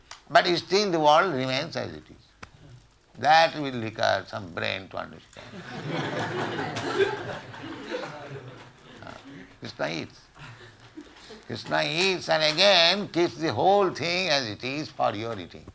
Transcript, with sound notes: But still, the world remains as it is. That will require some brain to understand. [laughter] Kṛṣṇa eats. Kṛṣṇa eats, and again keeps the whole thing as it is for your eating.